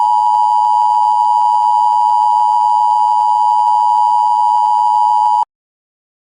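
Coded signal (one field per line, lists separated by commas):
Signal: Emergency Alert System (SAME) tones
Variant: 853 and 960 Hz attention tone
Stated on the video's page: Edited fictional horror clip using an EAS alarm.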